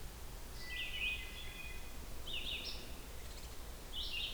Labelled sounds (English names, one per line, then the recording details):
Red-eyed Vireo song
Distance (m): 50 m
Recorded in boreal forest in Alberta, Canada, on 16 June 2016 at 07:03
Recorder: SongMeter 3, array SBT-3-32
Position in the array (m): 43 m, 22 m